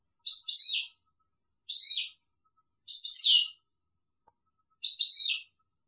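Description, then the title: European goldfinch giving four harsh notes, mostly a short chip followed by a rasping slurred note, spaced one to two seconds apart. "Chant Chardonneret"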